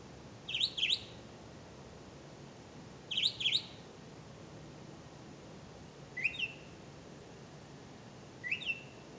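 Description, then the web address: Bird chirps: sharp paired chirps repeating every two to three seconds against quiet background hiss. "misc bird"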